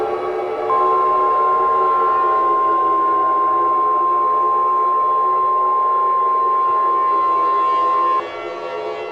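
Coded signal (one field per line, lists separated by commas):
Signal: Emergency Alert System (SAME) tones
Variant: 1050 Hz attention tone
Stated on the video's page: Fictional EAS scenario remake, not a real alert.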